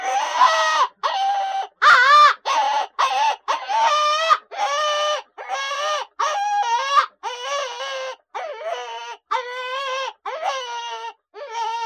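Coyote pups yelping in a loud, rapid series of harsh cries with wavering pitch and short gaps between.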